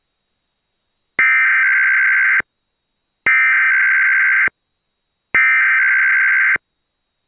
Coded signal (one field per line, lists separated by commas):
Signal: Emergency Alert System (SAME) tones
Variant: header bursts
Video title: EAS #44: EAS Required Weekly Test- July 21, 2014- 11:01AM PDT